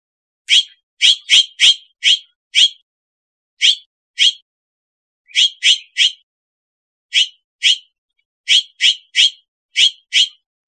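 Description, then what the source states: Bird repeating short, sharp, high-pitched chip calls, singly and in quick groups of two or three, over about ten seconds, with no other sound. Possibly recorded in Costa Rica.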